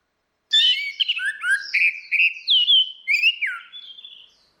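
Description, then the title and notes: Orange-headed thrush song: one unbroken phrase of slurred, varied whistles sweeping up and down. Continuous singing (ngeplong); a masteran recording used to train Chestnut-capped Thrushes (anis kembang) to learn the song. "Suara Burung Anis Merah Ngeplong. Masteran Anis Kembang"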